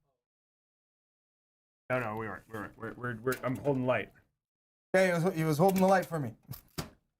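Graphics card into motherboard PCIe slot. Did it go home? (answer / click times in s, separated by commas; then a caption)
yes / 6.8 s. A graphics card is pushed into a motherboard's PCIe slot, and the slot's retention latch closes with a solid click at 6.8 s, seating the card. Before that, someone talks, and a couple of faint taps come just ahead of the click.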